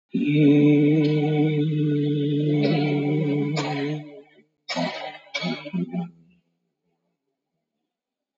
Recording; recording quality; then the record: sustained vowel as in beet; excellent, no background noise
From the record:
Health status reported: COVID-19 positive, mild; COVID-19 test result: positive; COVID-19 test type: RT-PCR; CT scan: taken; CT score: 7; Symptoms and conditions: cough, cold, breathing difficulty, hypertension, diabetes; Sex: male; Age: 68 years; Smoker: no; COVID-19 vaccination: one dose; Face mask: worn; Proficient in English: yes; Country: India